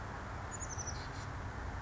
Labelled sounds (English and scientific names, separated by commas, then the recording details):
Oak Titmouse (Baeolophus inornatus)
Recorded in Sonoma County, California